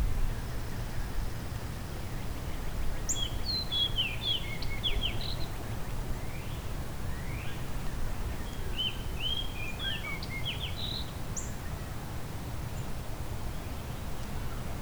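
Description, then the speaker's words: Fox sparrow song: two bright phrases of sweet, slurred whistles and chips, each lasting two to three seconds, over steady low rumbling noise. Sung in the wild after most of a gull flock had moved on. "That's the fox sparrow song."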